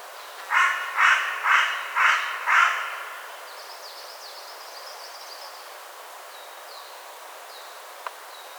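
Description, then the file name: Carrion crow giving five harsh caws about half a second apart, then quieter high chirps and twitters of small birds over steady background hiss. "Corvus corone"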